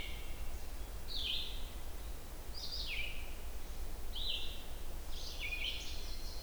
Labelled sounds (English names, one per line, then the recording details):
Red-eyed Vireo song
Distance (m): 45 m
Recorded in boreal forest in Alberta, Canada, on 29 June 2016 at 05:52
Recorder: SongMeter 3, array SBT-6-79
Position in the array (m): 120 m, 191 m